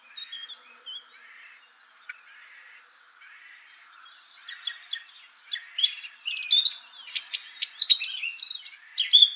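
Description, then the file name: Eurasian blackcap song, starting with soft, thin scattered notes, then building after six seconds into loud, rapid, high chattering and fluty phrases to the end. "Sylvia atricapilla"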